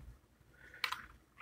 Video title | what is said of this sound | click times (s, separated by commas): #ND83 EP 051 Live Coil Build And Chill - Framed / Half Stag Framed-Pulse | you twist it it clicks in place and that gets | 0.8 s, 0.9 s